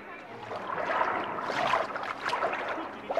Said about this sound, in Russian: Остап кролем плывет по морю.